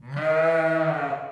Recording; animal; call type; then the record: contact call of a hoofed animal; sheep; low-frequency (closed-mouth) or high-frequency (open-mouth) call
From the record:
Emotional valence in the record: negative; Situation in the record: short social isolation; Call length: 1.32 s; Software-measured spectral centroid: 1410 Hz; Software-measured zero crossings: 1500 a second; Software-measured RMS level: -23 dBFS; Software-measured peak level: -12 dBFS